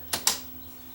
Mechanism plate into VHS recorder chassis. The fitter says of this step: snap in place